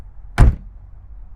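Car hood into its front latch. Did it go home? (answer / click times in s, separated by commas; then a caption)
no / none. The metal hood of a BMW Z8 is slammed shut into its front latch, giving a single loud bang at about 0.4 s that quickly dies away. The latch fails to catch and the hood does not close; nothing has latched or clicked into place.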